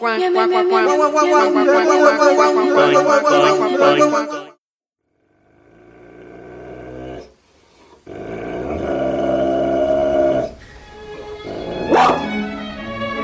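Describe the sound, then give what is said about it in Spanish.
A dog growls and barks in loud, rough bursts, followed by quieter tonal sounds and a second stretch of snarling and barking, with voices mixed in. “Por los que bufan y ladran.”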